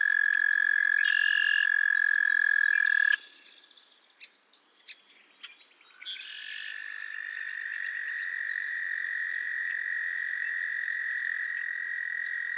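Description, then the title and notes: Frog chorus: a loud trill breaks off after three seconds, a few sharp clicks fill the pause, then a new steady trill swells and holds. Chorus of frogs calling to one another on a summer evening at Miners Marsh, Annapolis Valley, Nova Scotia. "Theraphonia - Frogsong at Miners Marsh. A chorus of frogs croon to one another on an idyllic summer evening in Miners Marsh, Annapolis Valley, Nova Scotia"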